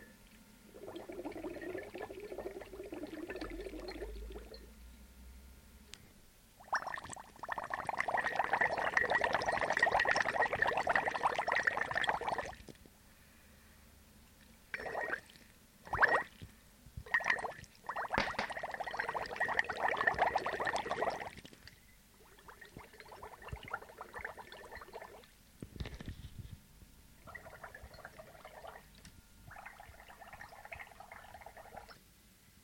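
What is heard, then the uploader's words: Water runs and gurgles in separate bursts, like a tap or pour being turned on and off. A long, loud gush fills roughly seconds 7 to 12, followed by quick spurts and quieter bubbling trickles through to the end. Water SFX by Chris Hester.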